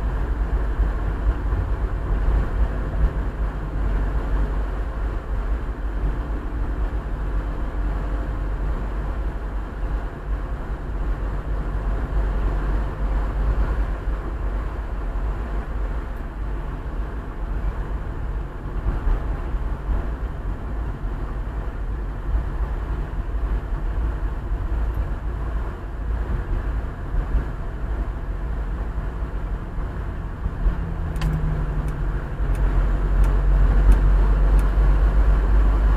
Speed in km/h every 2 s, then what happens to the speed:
48, 47, 47, 45, 45, 45, 47, 46, 45, 44, 44, 44, 42, 43, 43, 42, 44, 46.
0-36 steady at about 45.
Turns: none.